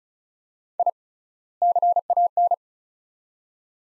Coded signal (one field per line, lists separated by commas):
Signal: Morse code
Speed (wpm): 34 wpm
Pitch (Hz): 700 Hz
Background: none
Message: I CAN